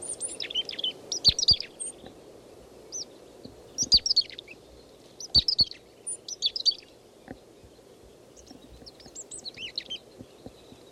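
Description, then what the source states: Chickadee calls: several clusters of short, high, thin chirping notes with quieter gaps between, over steady low wind noise. Lone foraging chickadee, no others nearby, giving type 3 calls at 10:20; wind blowing.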